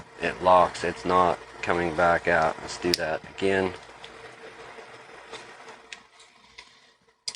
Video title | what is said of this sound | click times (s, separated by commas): Strap In Buckle Down ( AfterHours #083 ) | in press down push forward and it locks in place | 7.3 s